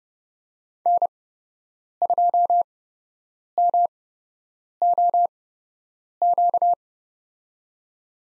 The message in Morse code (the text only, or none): N2MOQ